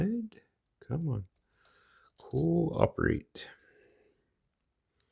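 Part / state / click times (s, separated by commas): cable connector into PC component socket / seated / 5.0 s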